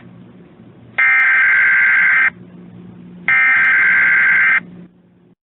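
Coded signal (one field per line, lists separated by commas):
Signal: Emergency Alert System (SAME) tones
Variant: header bursts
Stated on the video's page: Actual EAS alert tones in a fictional EAS scenario.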